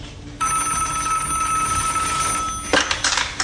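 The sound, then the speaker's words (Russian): A telephone bell rings steadily with a bright, sustained metallic tone, a call from a hospital, starting abruptly and continuing for a few seconds before a clattering sound, like a receiver being picked up. “Звонят из больницы.”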